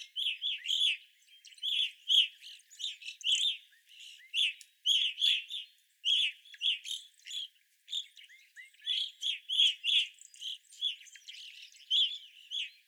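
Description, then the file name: Evening grosbeaks calling as a flock, loud short chirps overlapping in quick irregular bursts, with only brief pauses. Several birds, recorded 25 April 2021. "2021-04-25 Evening Grosbeaks"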